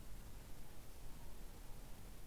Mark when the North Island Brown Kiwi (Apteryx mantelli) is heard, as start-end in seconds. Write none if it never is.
none